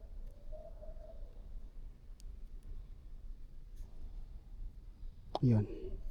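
A carbon brush holder is handled while a Toyota alternator is reassembled with new carbon brushes, with the aim of locking it in place. Someone talks briefly, then a louder burst of handling noise comes near the end. The clip stops before the part goes home, and nothing has seated or clicked yet.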